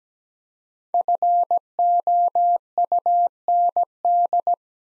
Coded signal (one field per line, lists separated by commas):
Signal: Morse code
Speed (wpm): 17 wpm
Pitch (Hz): 700 Hz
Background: none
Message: FOUND